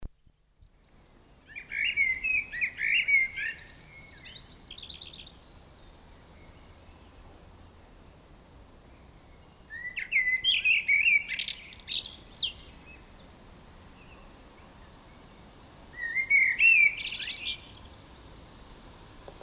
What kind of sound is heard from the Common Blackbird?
song